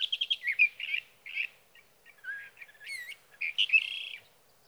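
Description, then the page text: Sage thrasher song of hurried repeated notes, then scratchy warbles, sweeping slurs and a final drawn-out phrase. Male singing at night near his night roost in Sierra Valley, California, evening June 12 to morning June 15, 2018; recorded with a Swift recorder. "61. Sage thrasher songs, through the night."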